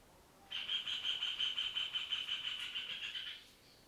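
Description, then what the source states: Bird giving a steady high trill lasting about three seconds, pulsing rapidly at an even pitch, over quiet background hiss. Rural ambience recorded indoors in the afternoon.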